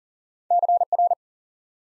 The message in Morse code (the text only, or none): CR